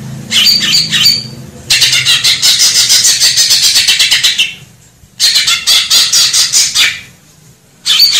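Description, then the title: Grey-cheeked Bulbul producing loud raspy chatter in long pulsed bursts, broken by short quiet gaps, over a low background hum. Masteran, a long-duration training recording for cage birds. "Cucak Jenggot Masteran"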